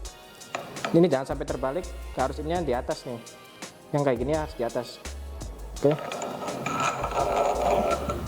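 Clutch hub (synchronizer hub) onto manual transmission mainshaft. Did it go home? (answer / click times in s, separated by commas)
no / none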